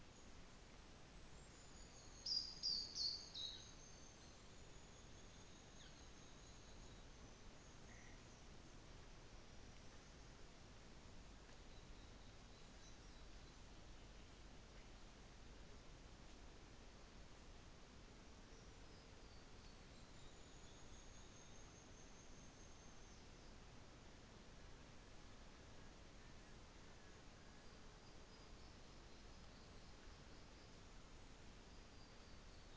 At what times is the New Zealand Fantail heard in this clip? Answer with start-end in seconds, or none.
0.01-7.18, 7.49-9.22, 19.68-23.57